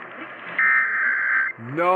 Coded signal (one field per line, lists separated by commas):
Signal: Emergency Alert System (SAME) tones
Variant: header bursts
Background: speech